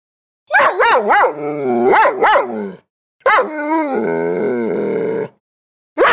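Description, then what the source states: Dog giving quick yipping barks that slide into drawn-out, quavering whines, two main bursts with a pause between them. Dog whimpering and barking.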